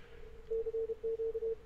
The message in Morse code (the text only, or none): CQ